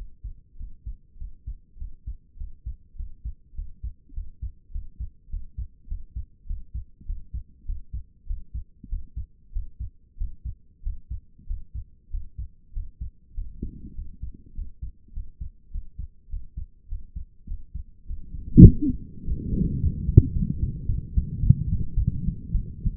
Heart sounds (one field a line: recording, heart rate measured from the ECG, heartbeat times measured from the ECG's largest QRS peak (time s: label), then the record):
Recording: heart sounds by stethoscope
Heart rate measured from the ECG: 101 bpm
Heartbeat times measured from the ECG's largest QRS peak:
0.55 s: heartbeat
1.16 s: heartbeat
1.76 s: heartbeat
2.35 s: heartbeat
2.94 s: heartbeat
3.53 s: heartbeat
4.12 s: heartbeat
4.70 s: heartbeat
5.28 s: heartbeat
5.86 s: heartbeat
6.45 s: heartbeat
7.05 s: heartbeat
7.65 s: heartbeat
8.26 s: heartbeat
8.88 s: heartbeat
9.51 s: heartbeat
10.16 s: heartbeat
10.82 s: heartbeat
11.46 s: heartbeat
12.09 s: heartbeat
12.72 s: heartbeat
13.33 s: heartbeat
13.94 s: heartbeat
14.53 s: heartbeat
15.12 s: heartbeat
15.70 s: heartbeat
16.28 s: heartbeat
16.87 s: heartbeat
17.46 s: heartbeat
18.05 s: heartbeat
18.65 s: heartbeat
19.24 s: heartbeat
19.79 s: heartbeat
20.32 s: heartbeat
20.86 s: heartbeat
21.40 s: heartbeat
21.94 s: heartbeat
22.51 s: heartbeat
From the record:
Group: healthy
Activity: Valsalva maneuver 0-17 s, rest 17-23 s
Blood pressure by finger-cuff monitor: 132/79 mmHg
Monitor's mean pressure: 97 mmHg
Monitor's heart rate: 102 bpm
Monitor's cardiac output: 6.7 L/min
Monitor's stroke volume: 67 mL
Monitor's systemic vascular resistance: 980 dyn s/cm5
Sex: female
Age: 22 years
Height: 154 cm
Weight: 58.7 kg